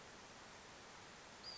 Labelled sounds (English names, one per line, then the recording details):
Western Flycatcher
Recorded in Sonoma County, California